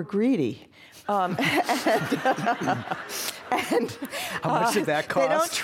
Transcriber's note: laughter